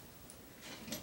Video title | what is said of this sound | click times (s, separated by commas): KWA MAC11A1 NS2 Review | Spring right here pull it all the way down till it locks into place | 0.3 s, 0.9 s